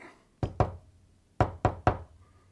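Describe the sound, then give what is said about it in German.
Five sharp knocks on a door as an agreed knock signal, in a deliberate pattern: two quick raps, a short pause, then three more evenly spaced, with no voices. “Ich wollte mich gerade mit unserem Klopfzeichen bemerkbar machen.”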